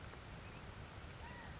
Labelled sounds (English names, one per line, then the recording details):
California Quail
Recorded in Sonoma County, California